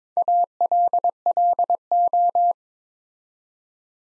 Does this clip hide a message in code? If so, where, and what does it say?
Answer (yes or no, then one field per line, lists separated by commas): yes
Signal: Morse code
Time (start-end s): 0.2-2.5 s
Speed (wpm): 22 wpm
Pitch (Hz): 700 Hz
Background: none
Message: ALLO